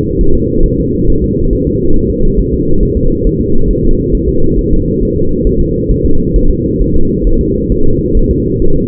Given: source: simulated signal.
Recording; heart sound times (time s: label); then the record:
fetal heart sounds
0.21 s: S1
0.35 s: S2
0.66 s: S1
0.80 s: S2
1.10 s: S1
1.24 s: S2
1.53 s: S1
1.67 s: S2
1.96 s: S1
2.10 s: S2
2.39 s: S1
2.54 s: S2
2.83 s: S1
2.97 s: S2
3.27 s: S1
3.41 s: S2
3.70 s: S1
3.85 s: S2
4.14 s: S1
4.29 s: S2
4.58 s: S1
4.73 s: S2
5.03 s: S1
5.17 s: S2
5.47 s: S1
5.61 s: S2
5.91 s: S1
6.05 s: S2
6.36 s: S1
6.50 s: S2
6.81 s: S1
6.96 s: S2
7.27 s: S1
7.41 s: S2
7.72 s: S1
7.86 s: S2
8.17 s: S1
8.31 s: S2
8.62 s: S1
8.76 s: S2
From the record:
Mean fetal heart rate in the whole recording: 135 bpm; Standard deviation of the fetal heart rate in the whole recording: 3 bpm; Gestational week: 36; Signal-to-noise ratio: -19.1 dB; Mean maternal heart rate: 72 bpm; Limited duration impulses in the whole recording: present